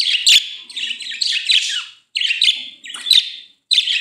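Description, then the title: Budgerigar calls, loud harsh chirps strung together in quick bursts, with two short silences between groups. "Budgie Sounds"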